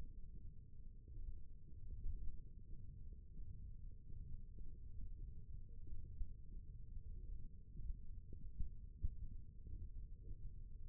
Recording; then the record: forearm muscle sounds (acoustic myography)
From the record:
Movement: thumb flexion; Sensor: system 1, eight BSWA MPA416 microphones around the upper forearm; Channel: 1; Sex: female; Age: 21 years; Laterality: right